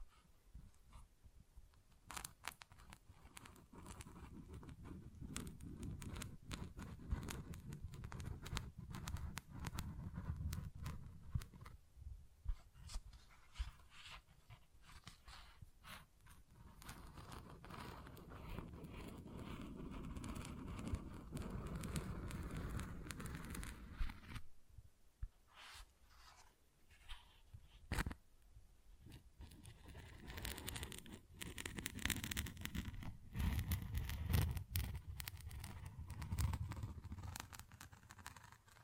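Tapping and scratching textures play throughout, with dense, uneven scraping and brushing sounds that have a soft low rumble beneath them. Sharp taps stand out as clicks at irregular moments, with a few brief pauses around 12, 25 and 28 seconds.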